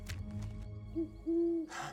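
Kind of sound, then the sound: bird, owl hooting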